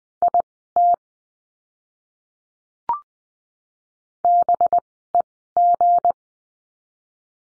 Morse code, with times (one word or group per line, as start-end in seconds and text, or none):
0.2-0.9 IT
4.2-6.1 BEG